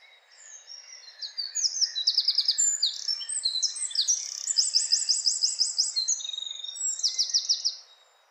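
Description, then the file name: Eurasian wren song, a long energetic torrent of high warbling phrases broken by several quick dry trills, running continuously for about seven seconds. "Troglodytes troglodytes"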